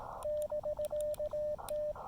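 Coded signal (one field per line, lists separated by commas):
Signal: Morse code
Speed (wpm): 17 wpm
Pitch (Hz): 600 Hz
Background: radio noise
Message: <BK>T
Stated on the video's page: Park activation on the Blue Ridge Parkway with an Elecraft KX2 and CHA MPAS Lite antenna.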